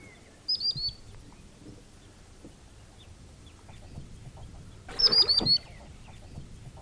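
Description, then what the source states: Common sandpiper gives two brief, high piping series a few seconds apart, with rowing noise. Recorded on a lake while rowing; rowing sounds audible.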